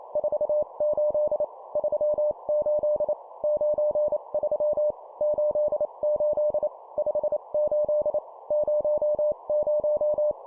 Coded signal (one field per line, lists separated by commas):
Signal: Morse code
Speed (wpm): 28 wpm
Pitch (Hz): 600 Hz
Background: none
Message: 48 38 93 88 58 00